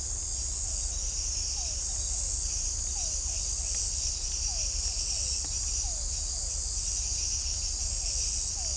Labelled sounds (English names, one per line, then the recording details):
none
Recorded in shrubland near Pivijay, Magdalena, Colombia, on 2 June 2023 at 02:30
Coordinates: 10.453, -74.365
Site P5-G022